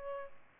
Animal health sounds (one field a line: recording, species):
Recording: mosquito wingbeat signal from an infrared sensor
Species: Aedes albopictus